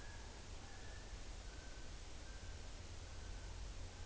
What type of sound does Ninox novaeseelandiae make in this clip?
more-pork call